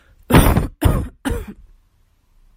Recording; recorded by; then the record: voluntary cough; messaging app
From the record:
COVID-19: negative